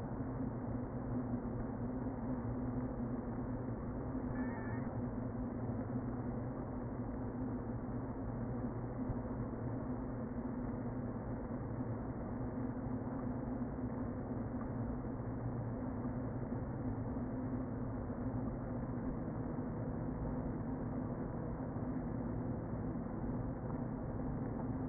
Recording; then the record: honeybee colony, microphone inside the hive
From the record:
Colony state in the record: queen present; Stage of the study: before two queens were removed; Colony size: about 60,000 bees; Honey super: yes